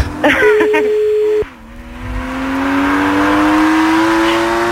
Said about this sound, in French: Alors attention là, je démarre la voiture. C'est parti. J'espère que c'est une décapotable ta voiture. Bah bien sûr, qu'est-ce que tu crois là? Ah, là tu m'intéresses un peu plus. Et j'en ai dans le... J'en ai sous le capot.